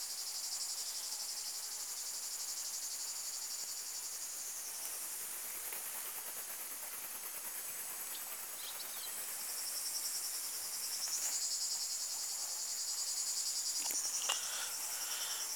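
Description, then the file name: Cicada song, a dense high-pitched buzz that swells louder midway and again near the end. "plebejus"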